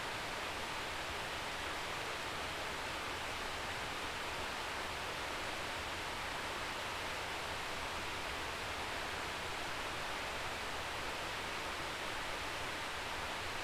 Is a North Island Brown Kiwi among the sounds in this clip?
no